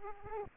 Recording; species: mosquito wingbeat signal from an infrared sensor; Aedes aegypti